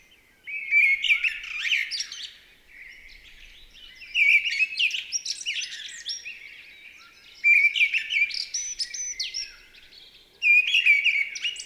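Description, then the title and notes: Mistle thrush delivering four vigorous, fluting phrases about three seconds apart, each a quick jumble of whistles and harsher notes, with softer singing in the gaps. In full fervent song on 28 March 2020 at Val Maravel, in stereo on a Nagra LB with an MKH40 microphone, during a period without aircraft noise. "UNE DRAINE ENCHANTEE. 28 mars 2020-Val Maravel. la belle Grive draine (Turdus viscivorus) dans toute sa ferveur vocale"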